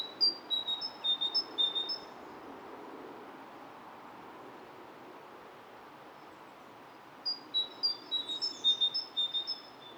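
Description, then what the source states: Great tit song: two bouts of repeated high two-note phrases, thin whistled notes alternating in pitch, separated by a few seconds of quiet hiss. One local great tit using its two notes in a more complicated phrase, 'dee, dee, dee, bobba chick', with a second great tit in the background.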